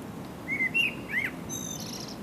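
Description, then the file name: Common blackbird song: a few mellow whistled notes, then a thin high twittering flourish at the end. "Turdus merula"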